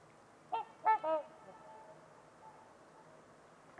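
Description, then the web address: Trumpeter swan calls, a brief honk followed by two louder, harmonic trumpeting notes in quick succession, then a faint steady background hiss. Trumpeter swans at Winters Lake on a winter's eve, in a deep valley in winter. "Trumpeter Swans on a Winter's Eve. Winters Lake with Swan. Wind Is the Original Radio"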